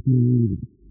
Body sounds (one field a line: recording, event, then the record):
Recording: neck accelerometer signal played as sound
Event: no cough (speech, laughter, throat clearing or background)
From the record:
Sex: male